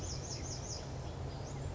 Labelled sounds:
Western Flycatcher
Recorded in Sonoma County, California

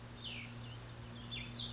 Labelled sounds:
Cassin's Vireo
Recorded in Sonoma County, California

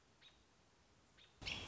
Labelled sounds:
American Robin
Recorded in Sonoma County, California

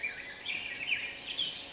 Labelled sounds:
Black-headed Grosbeak
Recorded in Sonoma County, California

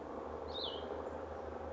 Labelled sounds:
Cassin's Vireo
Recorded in Sonoma County, California

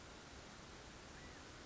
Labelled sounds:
California Quail
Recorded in Sonoma County, California

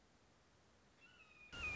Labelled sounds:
Red-shouldered Hawk
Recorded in Sonoma County, California

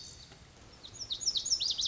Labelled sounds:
Lazuli Bunting
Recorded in Sonoma County, California

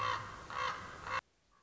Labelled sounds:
Common Raven
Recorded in Sonoma County, California

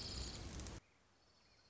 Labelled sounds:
Orange-crowned Warbler
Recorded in Sonoma County, California

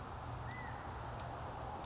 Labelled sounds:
California Quail
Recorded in Sonoma County, California

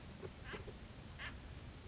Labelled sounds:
Oak Titmouse
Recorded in Sonoma County, California

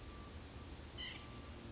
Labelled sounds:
White-breasted Nuthatch
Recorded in Sonoma County, California

